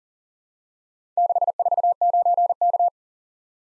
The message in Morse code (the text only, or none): 649K